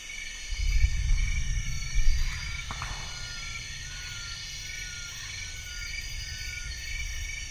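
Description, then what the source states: Insects droning in a steady shrill chorus over a deep, rolling rumble that swells twice early on. Deafening chorus at dusk in Mohoba forest, Congo Basin Rainforest; distant thunderstorm rumbling; DPA 4061 microphones, Sound Devices MixPre D, Sony PCM M10.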